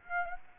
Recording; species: mosquito wingbeat signal from an infrared sensor; Aedes aegypti